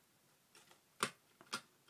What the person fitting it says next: so it clicks into place and then it's in